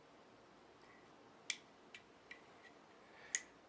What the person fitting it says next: it clicks and you just heard that click there and now it's installed